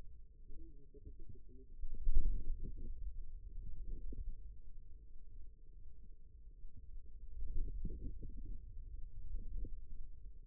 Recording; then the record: forearm muscle sounds (acoustic myography)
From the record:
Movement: radial deviation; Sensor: system 2, bracelet of six BSWA MPA416 microphones around the upper forearm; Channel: 4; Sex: female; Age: 22 years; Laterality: right